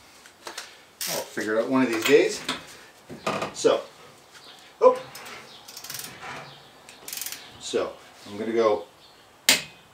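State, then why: Torque reached. A click-type torque wrench set to 100 ft-lb tightens a wheel lug nut while someone talks, with a few light clanks between the words. At 9.5 s the wrench gives one sharp click, confirming the lug nut has reached the 100 ft-lb setting.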